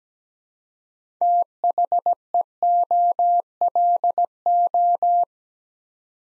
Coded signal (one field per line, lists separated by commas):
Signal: Morse code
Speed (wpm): 17 wpm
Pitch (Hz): 700 Hz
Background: none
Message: THEOLO